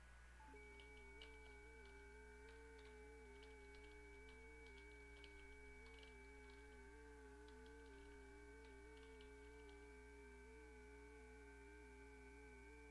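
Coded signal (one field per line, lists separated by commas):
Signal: FT8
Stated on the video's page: Live FT8 on 10 meters during a band opening, making contacts.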